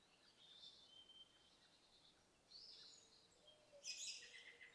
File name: Yellow-bellied Sapsucker